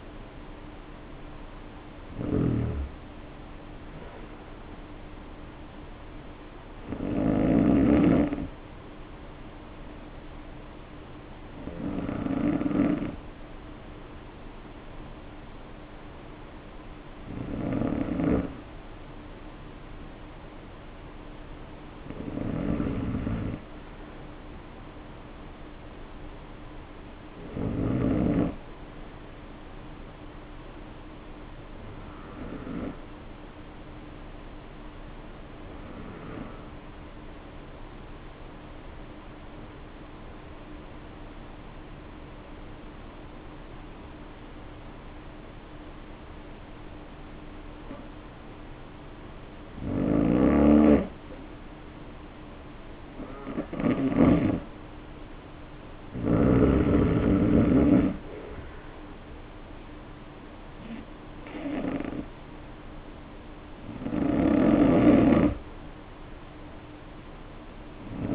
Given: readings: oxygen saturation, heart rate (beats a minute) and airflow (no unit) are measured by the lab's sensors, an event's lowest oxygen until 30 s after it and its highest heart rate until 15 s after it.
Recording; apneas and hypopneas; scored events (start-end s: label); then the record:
breathing in sleep by a voice recorder at the bedside; 1
25.00-68.35 s: new sleep stage, N2 (light sleep)
35.00-54.80 s: hypopnea (N2, oxygen 95% highest, then 87% lowest, heart rate 58 at the start, 63 highest)
From the record:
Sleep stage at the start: N1 (lightest sleep); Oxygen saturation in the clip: 91 to 95%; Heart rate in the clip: 50 to 63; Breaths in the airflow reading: 16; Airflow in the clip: -3.1 to 2.7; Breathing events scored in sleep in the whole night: 520 in 7.2 hours asleep